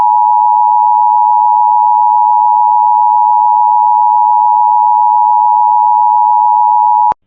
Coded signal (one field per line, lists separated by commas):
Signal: Emergency Alert System (SAME) tones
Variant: 853 and 960 Hz attention tone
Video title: Oklahoma Ian alert (possibly) for a autistic boy EAS #59